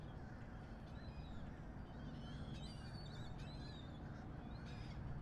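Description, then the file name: Gull calls, several brief wavering cries scattered throughout, over a steady low drone. Harbor ambience at Miami harbor, recorded at 7 am. "Skyliner-Miami-harbor-7 am-seagul"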